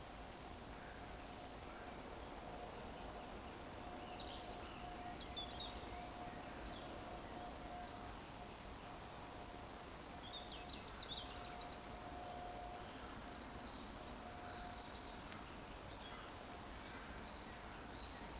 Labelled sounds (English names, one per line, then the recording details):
Eurasian Woodcock whistle
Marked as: whistle, whistle, whistle, whistle, whistle, whistle
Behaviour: display flight
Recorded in Baden-Württemberg, Germany, on 15 June 2020 at 19:58 UTC
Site 14569, 102 m above sea level